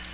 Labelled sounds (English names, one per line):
Black-throated Green Warbler flight call